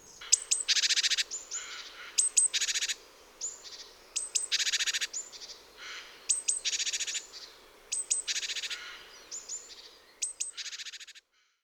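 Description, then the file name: Great tit harsh churring rattles, buzzy chattering bursts in a long series, with thin high notes slipped between them. "Sikora bogatka"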